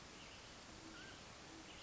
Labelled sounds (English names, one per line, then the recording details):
Mountain Quail
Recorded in Sonoma County, California